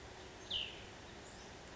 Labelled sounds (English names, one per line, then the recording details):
Cassin's Vireo
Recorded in Sonoma County, California